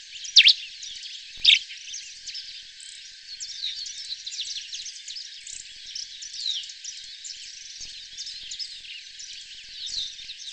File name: grey crested finch